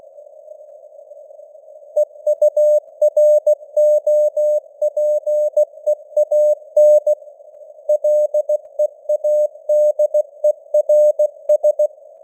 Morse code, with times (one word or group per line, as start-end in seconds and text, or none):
2.0-7.1 EUROPEAN
7.9-11.9 LEADERS